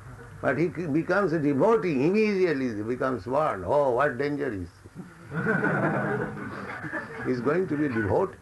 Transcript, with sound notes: But he becomes a devotee, he immediately becomes warned, "Oh, what danger is!" [laughter] "He is going to be a devotee."